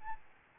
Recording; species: mosquito wingbeat signal from an infrared sensor; Aedes albopictus